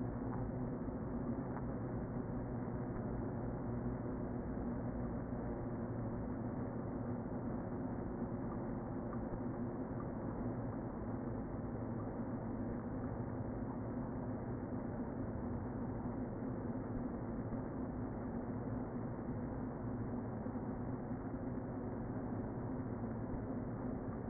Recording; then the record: honeybee colony, microphone inside the hive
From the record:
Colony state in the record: queen present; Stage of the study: before two queens were removed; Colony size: about 60,000 bees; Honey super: yes